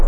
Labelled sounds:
Hermit Warbler flight call

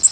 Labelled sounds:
Bay-breasted Warbler flight call

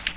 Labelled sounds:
Ovenbird flight call

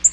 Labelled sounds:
Black-throated Green Warbler flight call

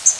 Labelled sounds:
Cerulean Warbler flight call

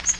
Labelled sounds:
Magnolia Warbler flight call

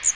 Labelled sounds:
Magnolia Warbler flight call

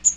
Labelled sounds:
Magnolia Warbler flight call

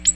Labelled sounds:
Ovenbird flight call

